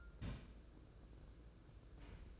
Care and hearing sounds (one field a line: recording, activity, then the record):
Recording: daily activity, microphone in the room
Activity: place on stove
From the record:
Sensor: 2